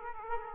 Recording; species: mosquito wingbeat signal from an infrared sensor; Aedes aegypti